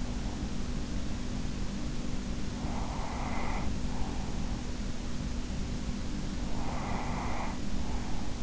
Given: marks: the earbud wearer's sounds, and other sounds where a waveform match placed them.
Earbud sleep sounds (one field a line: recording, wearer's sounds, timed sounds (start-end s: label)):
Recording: sounds in sleep by an in-ear microphone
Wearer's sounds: breath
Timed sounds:
2.56-4.48 s: breath
6.42-8.42 s: breath